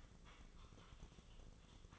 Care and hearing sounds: daily activity, microphone in the room; typing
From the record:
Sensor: 4

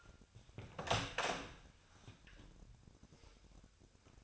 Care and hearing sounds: daily activity, microphone in the room; open door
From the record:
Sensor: 2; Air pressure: 1007.2 hPa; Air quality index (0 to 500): 188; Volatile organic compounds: 11 ppm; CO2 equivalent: 2311 ppm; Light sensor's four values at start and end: 10/23/10/10 and 10/24/10/10

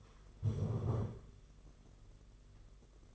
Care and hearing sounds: daily activity, microphone in the room; stand up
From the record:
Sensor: 4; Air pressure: 992.4 hPa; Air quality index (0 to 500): 121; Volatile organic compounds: 31 ppm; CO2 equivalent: 2986 ppm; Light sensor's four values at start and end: 20/72/26/28 and 20/72/26/28

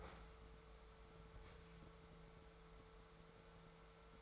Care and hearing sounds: daily activity, microphone in the room; open fridge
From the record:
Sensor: 3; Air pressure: 1014.9 hPa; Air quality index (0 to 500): 200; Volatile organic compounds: 28 ppm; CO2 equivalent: 2914 ppm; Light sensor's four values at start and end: 10/25/10/10 and 10/25/10/10

